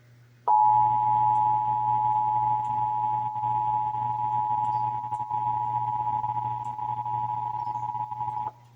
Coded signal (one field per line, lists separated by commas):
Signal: Emergency Alert System (SAME) tones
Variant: 853 and 960 Hz attention tone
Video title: (EAS #763-772) December 2024 Texas Required Monthly Test